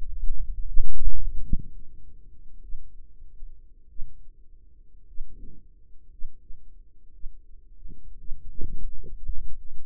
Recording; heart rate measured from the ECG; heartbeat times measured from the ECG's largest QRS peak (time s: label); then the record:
heart sounds by microphone in the right ear; 56 bpm
0.58 s: heartbeat
1.40 s: heartbeat
2.61 s: heartbeat
3.87 s: heartbeat
5.05 s: heartbeat
6.09 s: heartbeat
7.11 s: heartbeat
8.16 s: heartbeat
9.13 s: heartbeat
From the record:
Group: healthy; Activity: rest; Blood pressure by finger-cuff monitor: 96/64 mmHg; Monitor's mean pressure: 75 mmHg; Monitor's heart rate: 58 bpm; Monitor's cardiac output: 4.4 L/min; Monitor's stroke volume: 76 mL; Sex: female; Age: 36 years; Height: 163 cm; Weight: 88 kg